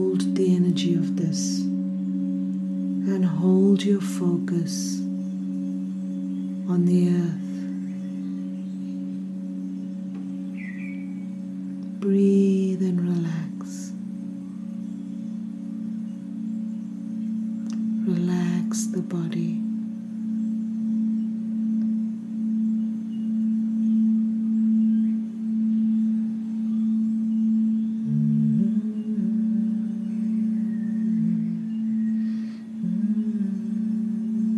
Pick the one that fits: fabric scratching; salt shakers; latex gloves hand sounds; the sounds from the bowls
the sounds from the bowls